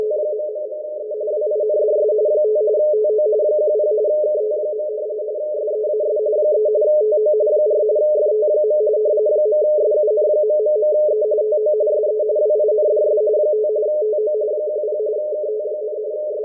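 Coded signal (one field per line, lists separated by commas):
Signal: RTTY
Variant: 45 baud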